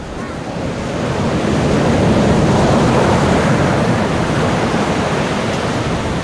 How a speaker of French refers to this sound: il entend le bruit des vagues qui grondent. Lui, ce qu'il voit, c'est pas la petite vague du bord dans laquelle il va évoluer, ce qu'il voit, c'est les vagues de 2,50 m qui sont au large.